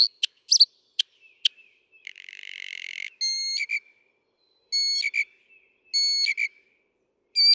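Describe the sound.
Northern mockingbird song: varied phrases switching from sharp clicks to a harsh buzzy burst, then repeated whistled notes with rich overtones given in groups.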